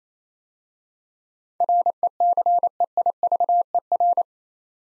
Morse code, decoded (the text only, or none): RECEIVER